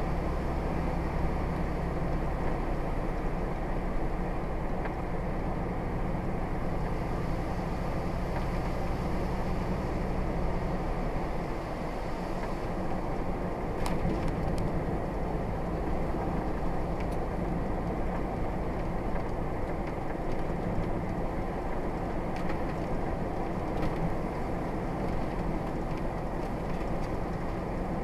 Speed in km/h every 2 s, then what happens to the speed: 53, 52, 52, 53, 52, 53, 55, 55, 55, 55, 55, 55, 53, 53.
0-28 steady at about 53.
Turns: none.